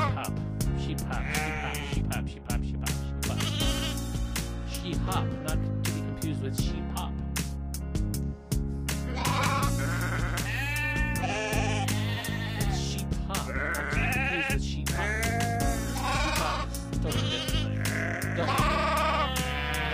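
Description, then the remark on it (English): Sheep bleat over and over, wavering, quavering cries rising and falling in pitch, layered over a steady low droning background that continues loudly throughout. “Just lonely. With my sheep. We are sheep.”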